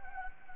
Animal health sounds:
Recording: mosquito wingbeat signal from an infrared sensor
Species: Anopheles gambiae

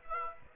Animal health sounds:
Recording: mosquito wingbeat signal from an infrared sensor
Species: Aedes aegypti

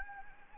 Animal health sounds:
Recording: mosquito wingbeat signal from an infrared sensor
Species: Anopheles gambiae

